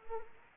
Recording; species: mosquito wingbeat signal from an infrared sensor; Anopheles arabiensis